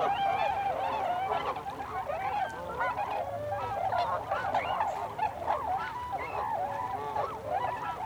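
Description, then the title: Tundra swan flock calling, continuous overlapping hoots and bugles. Several tundra swans recorded together on 26 December 2020. "2020-12-26-Tundra-Swans"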